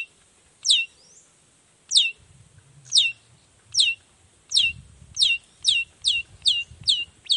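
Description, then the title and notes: Long-tailed shrike giving sharp descending whistled notes that quicken from slow spacing to a rapid series, with low rumbling in the background. Singing loudly in the morning with varied 'toet toet' sounds, prompting other shrikes to respond. "Cendet Gacor Dor Di Kala Pagi Toet Toet Variasi Suara. Cendet Gacor Pagi Hari Biangnya Bikin Cendet Manapun Langsung On Nyaut. Burung cendet"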